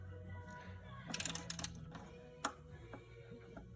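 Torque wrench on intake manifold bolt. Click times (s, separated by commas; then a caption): 2.4 s. An inch-pound torque wrench ratchets an intake manifold bolt on a 2007 Ford Crown Victoria, producing a quick burst of ratcheting clicks from about 1.1 to 1.7 seconds. A single sharp click at 2.4 seconds marks the wrench reaching 18 in-lb, confirming the bolt is torqued.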